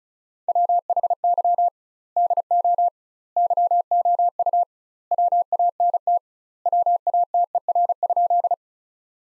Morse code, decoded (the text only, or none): WHY DO YOU WANT WATER?